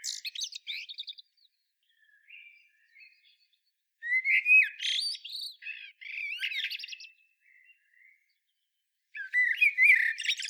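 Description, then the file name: Common blackbird song of varied whistled phrases with sliding notes and high squeaky twitters, broken by brief quiet spells. "Turdus merula"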